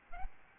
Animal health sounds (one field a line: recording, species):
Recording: mosquito wingbeat signal from an infrared sensor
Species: Aedes albopictus